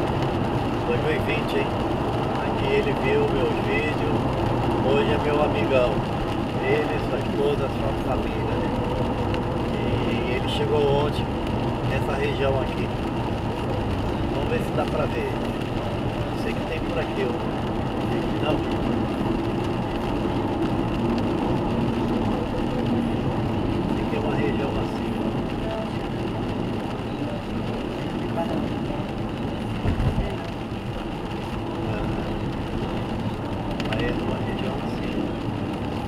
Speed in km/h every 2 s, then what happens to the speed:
109, 106, 102, 99, 99, 98, 99, 100, 98, 93, 86, 82, 79, 77, 77, 80, 81, 79.
0-7 slows to 99. 7-16 steady at about 99. 16-26 slows to 77. 26-36 steady at about 79.